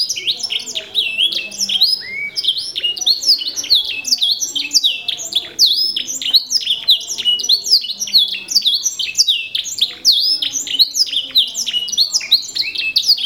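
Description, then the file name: Canary singing a long, dense run of quick high chirps, slurred whistles and trills, delivered almost nonstop with brief dips in loudness. Tasmania canary type, a domestic canary variety. "kenari tazmania omkicau"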